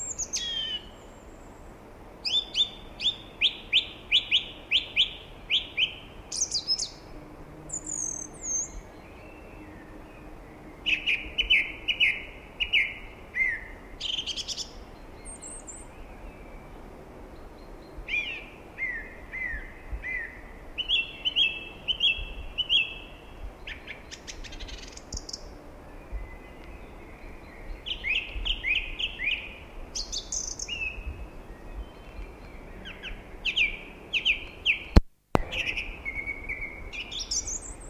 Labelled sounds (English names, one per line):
Song Thrush song